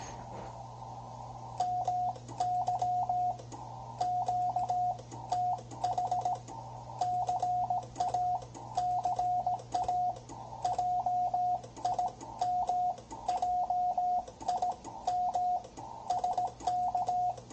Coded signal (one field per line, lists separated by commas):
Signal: Morse code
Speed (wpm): 17 wpm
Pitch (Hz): 720 Hz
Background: radio noise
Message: MY QTH CA CA JIM JIM SK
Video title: Ten-Tec Argonaut 515, CW QSO (CC)